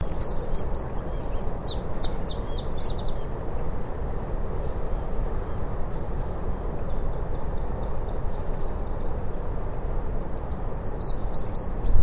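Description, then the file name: Eurasian wren song, rapid high-pitched twittering trills in bursts with short pauses, over a steady low rumbling background noise throughout. "Troglodytes troglodytes"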